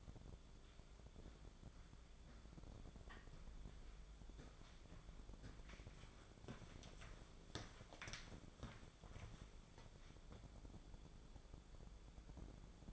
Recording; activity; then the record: daily activity, microphone in the room; walk to room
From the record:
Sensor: 5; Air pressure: 1010.5 hPa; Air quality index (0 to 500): 108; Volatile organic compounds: 2 ppm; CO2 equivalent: 1066 ppm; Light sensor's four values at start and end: 513/1332/548/637 and 701/1716/729/877